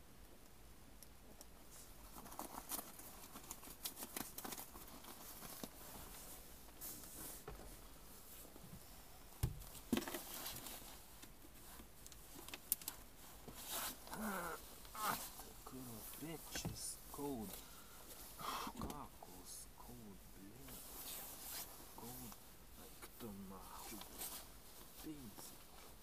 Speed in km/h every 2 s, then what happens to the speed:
0, 0, 0, 0, 0, 0, 0, 0, 0, 0, 0, 0, 0.
0-26 standing.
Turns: none.